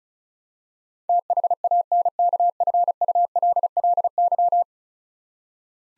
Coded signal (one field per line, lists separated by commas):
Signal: Morse code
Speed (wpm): 36 wpm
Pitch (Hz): 700 Hz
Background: none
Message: THANKFULLY